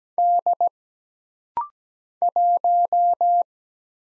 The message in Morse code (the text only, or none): D 1